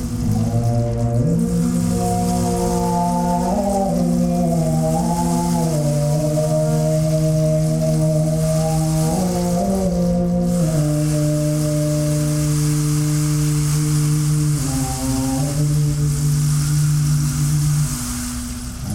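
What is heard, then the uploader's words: A tambura drone sounds throughout, its low tones stepping up or down every few seconds, around 1, 4, 9 and 15 seconds. A bright, steady hiss like a rain stick runs over it, and the overall level stays even from start to finish. Rain stick, drum, tambura and other light percussion.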